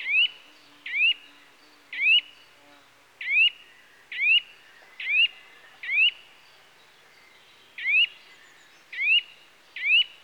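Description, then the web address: Eurasian nuthatch giving a long series of loud, rising whistled calls, with one longer pause. "The BBC Sound Effects Library - Complete 60 CDs Collection. Nuthatch (Sitta Europaea) Calls"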